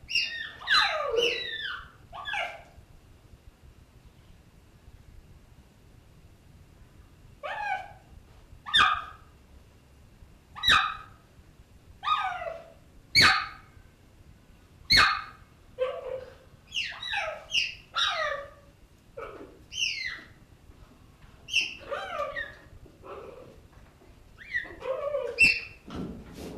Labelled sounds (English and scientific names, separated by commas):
Cheetah (Acinonyx jubatus) call